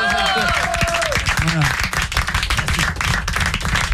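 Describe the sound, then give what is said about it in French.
A small radio studio audience claps steadily and densely for several seconds for an actor after an on-air prank, with a few voices calling out and cheering over the applause near the start. “On va l'applaudir.”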